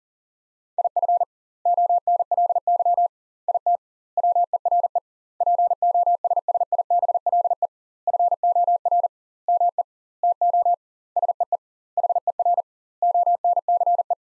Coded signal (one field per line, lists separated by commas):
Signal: Morse code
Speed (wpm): 40 wpm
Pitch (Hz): 700 Hz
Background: none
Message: IF ONLY IT WERE POSSIBLE FOR ME TO SEE HER ONCE